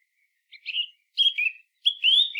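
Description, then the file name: Eurasian blackcap giving three short whistled phrases, the first quieter than the other two. "Sylvia atricapilla"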